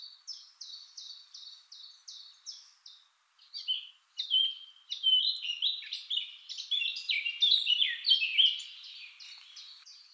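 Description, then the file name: Eurasian blackcap song: opens with a row of short, evenly spaced notes, pauses briefly, then bursts into a fast, rich, scratchy warble with clear fluty notes. "Sylvia atricapilla"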